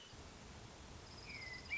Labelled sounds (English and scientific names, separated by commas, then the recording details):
Hermit Thrush (Catharus guttatus)
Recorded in Sonoma County, California